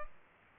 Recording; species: mosquito wingbeat signal from an infrared sensor; Culex pipiens